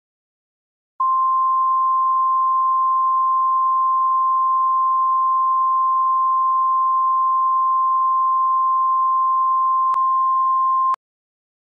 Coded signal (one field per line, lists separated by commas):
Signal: Emergency Alert System (SAME) tones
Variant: 1050 Hz attention tone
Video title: EAS Severe Thunderstorm Warning (Greenup, KY, Gallia, OH, and Lawrence, OH Counties)